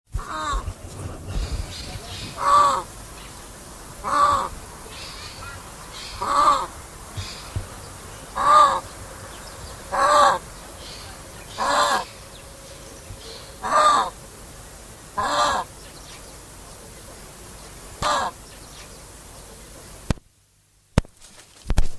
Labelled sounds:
Indian Peafowl (Pavo cristatus) call
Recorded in captivity
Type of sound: call
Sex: female
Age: adult
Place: Zoo Halle, Sachsen-Anhalt, DE
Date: 2007-10-08 17:00
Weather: sonnig, 14°C
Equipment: Sony WM-D6C, Sennheiser ME 80, Kopie Uher 4000 Report Monitor
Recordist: Tembrock, Günter
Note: Weibchen (umherlaufend): Lautfolge, fliegt dann ab

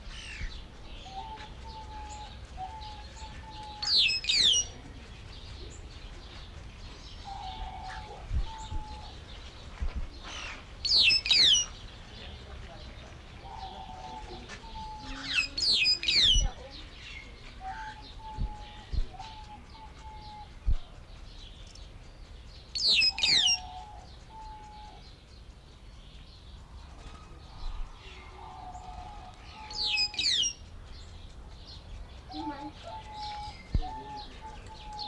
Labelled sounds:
White-headed Buffalo-Weaver (Dinemellia dinemelli)
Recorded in captivity
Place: Zoo Berlin, Berlin, DE
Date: 1992-08-01 10:50
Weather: sonnig, 22-26°C
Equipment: Marantz CP 430, Sennheiser ME 80, Kopie Tesla B 116
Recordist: Tembrock, Günter
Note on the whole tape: Gruppe: Lautfolgen, Abstand ca. 1,5 m

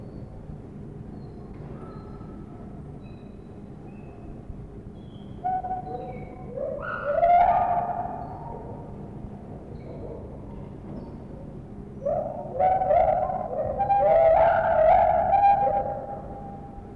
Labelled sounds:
Lar Gibbon (Hylobates lar)
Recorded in captivity
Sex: pair
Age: adult
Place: Zoo Berlin, Berlin, DE
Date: 1960-11-12 12:00
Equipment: Minifon, Kopie Smaragd
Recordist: Tembrock, Günter
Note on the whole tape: Paar: Rufreihen nach der Fütterung, sie mit dunklen Crescendo-Reihen, er mit hellen zweisilbigen Lauten einfallend, auch Triller. Innenaufnahme, daraus resultiert Hall. Abstand 6 - 8 m

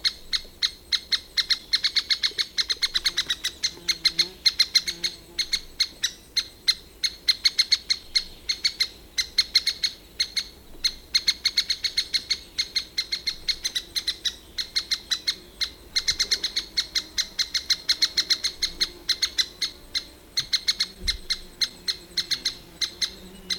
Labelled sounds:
Lesser Spotted Woodpecker (Dendrocopos minor) call
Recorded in the wild
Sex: diverse
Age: diverse
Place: Nationalpark Bialowieza, PL
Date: 1966-06-08
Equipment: Nagra III BH
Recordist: Schubert, Michael

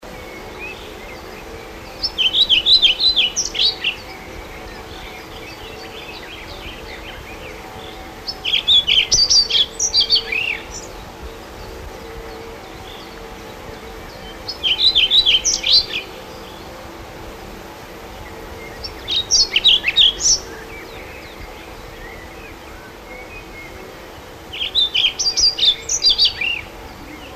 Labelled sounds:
European Pied Flycatcher (Ficedula hypoleuca) song
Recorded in the wild
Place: Fleisbach, DE
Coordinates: 50.6408, 8.30472
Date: 1964-05-09 18:00
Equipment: Uher Report 4000, AKG D190
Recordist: Krey, Winfried

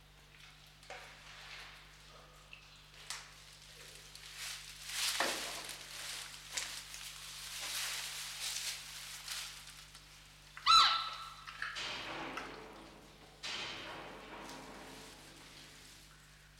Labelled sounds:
Red River Hog (Potamochoerus porcus) call
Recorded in captivity
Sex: pair
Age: adult
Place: Zoo Berlin, Berlin, DE
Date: 1995-03-04 10:00
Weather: heiter bis wolkig, 1 - 5 °C
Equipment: Marantz CP 130, Sennheiser ME 80, Kopie Uher Variocord 263
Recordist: Tembrock, Günter

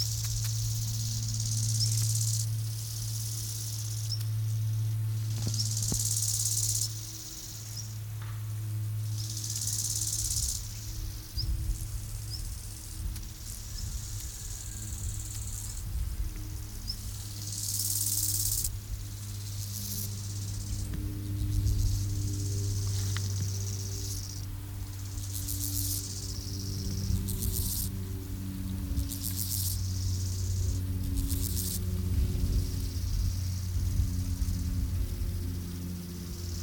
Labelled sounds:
Bow-winged Grasshopper (Chorthippus biguttulus) stridulation
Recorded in the wild
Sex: male
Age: imago
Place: Treuchtlingen, Naturpark Altmühltal, Bayern, DE
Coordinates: 48.96, 10.91
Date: 1993-09-19 15:44
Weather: 20,5°C, Sonnig
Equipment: Marantz CP 430, Sennheiser MKH 416 T, Kopie Uher Variocord 263
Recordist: Tembrock, Günter

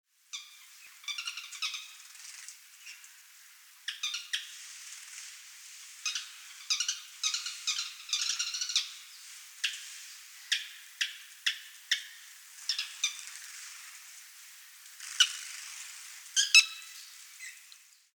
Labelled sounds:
Sociable Weaver (Philetairus socius)
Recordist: Tembrock, Günter
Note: Laute in der Gruppe

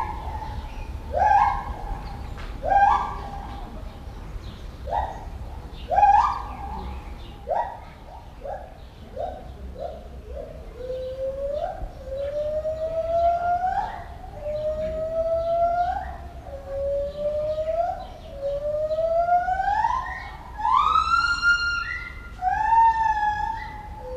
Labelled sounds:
Lar Gibbon (Hylobates lar)
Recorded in captivity
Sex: pair
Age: adult
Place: Zoo Berlin, Berlin, DE
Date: 1994-06-11 10:14
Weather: heiter, 12-17°C
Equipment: Marantz CP 430, Sennheiser ME 80, Kopie Uher Variocord 263
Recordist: Tembrock, Günter

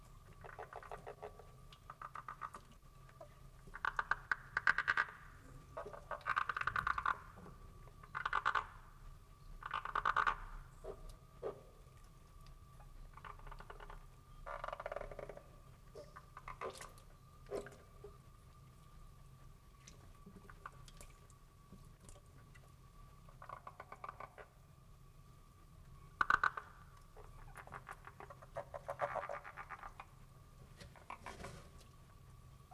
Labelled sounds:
Edible Frog (Pelophylax esculentus) call
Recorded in captivity
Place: Zoologisches Institut der HUB, Berlin, DE
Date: 1959-01-02 16:30
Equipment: Reporter, Vollspur
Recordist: Tembrock, Günter
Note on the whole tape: Kaltraum: in großem Aquarium dicht gedrängt. Abwehrlaute. Etwa in Mitte des Bandes unrhythmischer hell gepreßter Laut eines sterbenden Exemplars, das dabei Hinterbeine streckt und auf Rücken fällt. Übrige Laute wohl bei Kontakt

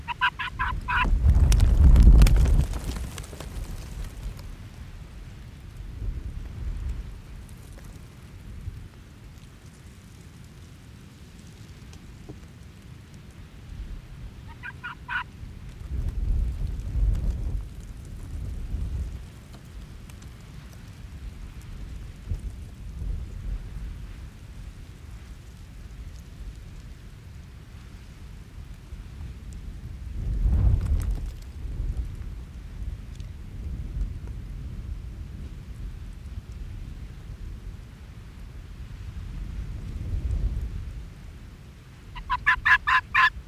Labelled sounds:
Arctic Fox (Vulpes lagopus)
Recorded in the wild
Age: adult
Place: Insel Mednyi, Kommandeur-Inseln, RU
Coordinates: 54.5167, 168.083
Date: 1999-07-01 18:54
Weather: starker Westwind, 10°C
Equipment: Sony WM-D6C, Sennheiser MKH 70, Windkorb, Kopie Sony TCD-D8
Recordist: Frommolt, Karl-Heinz

